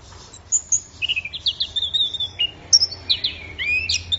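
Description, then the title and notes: Orange-headed thrush delivering rapid, rich whistled phrases with rising and falling slurs and quick trilled notes, run together with barely a pause. Anis merah in full 'gacor' song, used for training songbirds. "Anis Merah Gacor Teler Untuk. Kumpulan Suara Burung Anis"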